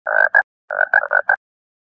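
Frog croaks, two raspy bursts, a pause, then four more rapid croaks, with silence around them.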